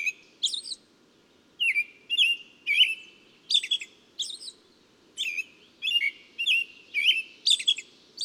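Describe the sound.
Chirping bird song: a quick pair of notes, a short silence, then a long string of slurred whistles and ticks; low steady background noise.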